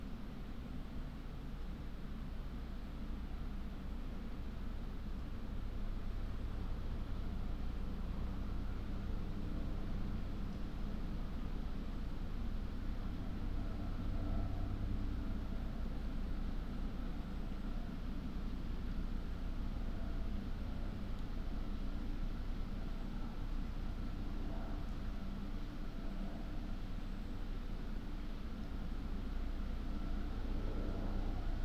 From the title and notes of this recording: We captured this hour of forest time by leaving the Lento mics alone on an old tree last month deep in the Wyre Forest in Worcestershire. Slow forest Wyre valley.